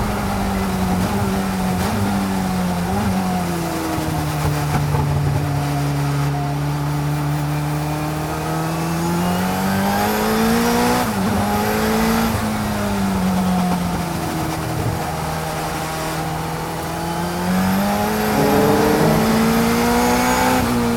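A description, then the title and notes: In-car sound of a 1986 Toyota Celica IMSA GTO race car, its engine droning loud and steady while the pitch rises and falls through revs and gear changes. Brief high whines appear around ten to twelve seconds and again near eighteen seconds. 1986 Toyota Celica IMSA GTO In-Car Audio, Monterey 2018. Captured inside a 1986 Toyota Celica IMSA GTO machine built by All American Racers. With almost 600hp on tap from the 2.1-liter four-cylinder turbo. Spools up the boost while charging around Laguna Seca during the 2018 Rolex Monterey Motorsports Reunion event.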